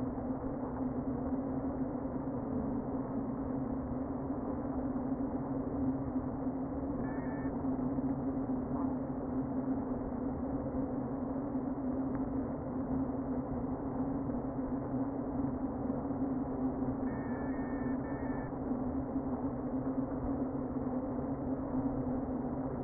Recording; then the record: honeybee colony, microphone inside the hive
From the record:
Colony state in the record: queen present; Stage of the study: before two queens were removed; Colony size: about 60,000 bees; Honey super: yes